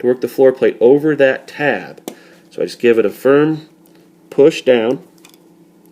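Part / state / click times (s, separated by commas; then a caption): floor plate onto pistol magazine tube / partly seated / 5.2 s. Someone talks while giving a polymer floor plate a firm push down onto a Glock pistol magazine tube to work it over the insert tab. A short click is heard at about 5.3 s as the floor plate just starts over the tab. It is not yet fully home.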